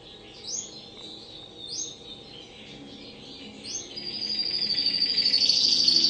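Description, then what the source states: Spanish Timbrado canary with a few spaced high upslurred notes, then a long, even, fast-rolling trill that grows louder toward the end. Spanish Timbrado canary singing actively (gacor) with long rolling song (ngerol panjang).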